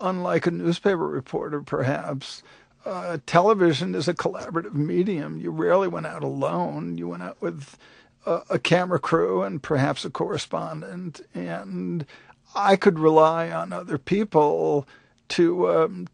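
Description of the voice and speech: Man speaking with creaky, nasal voicing and drawn-out word endings: dysarthria from multiple sclerosis diagnosed 30 years earlier, his voice very much affected by the disease.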